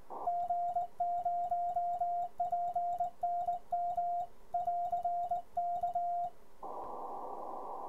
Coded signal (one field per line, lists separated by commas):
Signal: Morse code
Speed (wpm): 20 wpm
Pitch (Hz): 700 Hz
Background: radio noise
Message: G0PNM <AR> K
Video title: G0PNM's Keys #4 The Begali Blade